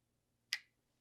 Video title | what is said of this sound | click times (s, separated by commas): DIY Iron Man Nutcracker | I've got the magnet set there so that just kind of clicks into place | 0.5 s